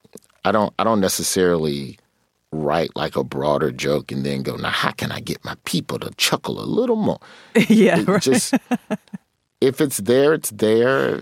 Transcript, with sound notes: I don't necessarily write, like, a broader joke and then go, now, how can I get my people to chuckle a little more?
Yeah, right (laughter).
It just - if it's there, it's there,